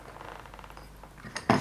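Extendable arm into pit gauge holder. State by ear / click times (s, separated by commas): seated / 1.5 s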